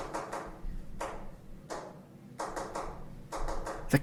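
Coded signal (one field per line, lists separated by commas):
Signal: tap code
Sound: dull knocks on a hard surface: three single knocks, then two quick runs of three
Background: quiet room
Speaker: many prisoners of War would use oh [ __ ] we take them out on rotated pipes or the attic floor the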